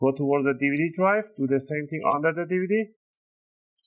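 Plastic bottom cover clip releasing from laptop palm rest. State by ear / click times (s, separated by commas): released / 3.8 s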